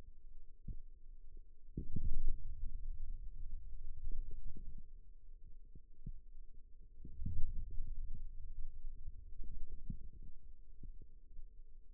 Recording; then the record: forearm muscle sounds (acoustic myography)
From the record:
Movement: ulnar deviation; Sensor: system 2, bracelet of six BSWA MPA416 microphones around the upper forearm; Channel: 2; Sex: male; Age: 22 years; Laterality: right